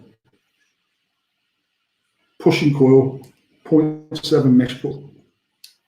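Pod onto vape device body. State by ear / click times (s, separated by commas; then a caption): seated / 5.6 s. After a 0.7 mesh coil is pushed in, a vape pod is dropped back onto the vape device body and locks into place. Someone talks over most of the clip, then a single sharp tick is heard at 5.6 s as the pod seats.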